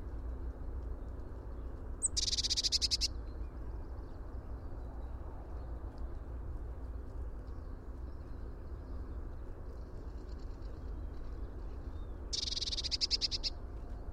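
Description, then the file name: Eurasian blue tit churring calls: two short, fast rattling bursts of high buzzy pulses, one near the start and one near the end, over a constant low rumble of background noise. "Cyanistes caeruleus"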